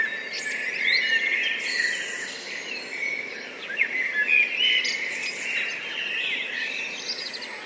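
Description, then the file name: Blackbirds in a busy chorus, mellow warbled phrases tumbling over one another, with thin high twitters on top. Several blackbirds, recorded 10 June 2014, high-pass filtered. "140610-0329 blackbirds"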